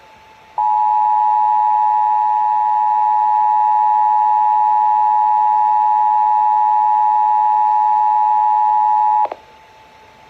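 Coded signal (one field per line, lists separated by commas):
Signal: Emergency Alert System (SAME) tones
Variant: 853 and 960 Hz attention tone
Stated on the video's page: Required monthly test relayed by AM/FM radio stations.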